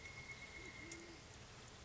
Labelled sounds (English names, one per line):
Band-tailed Pigeon